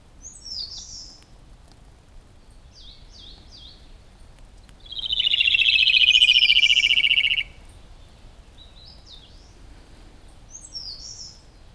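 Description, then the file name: Rufous-tailed robin, a loud, fast, buzzy trill sliding slowly downward for about two and a half seconds, with soft high chirps before and after it. "robin-rufous-tailed -Larvivora-sibilans"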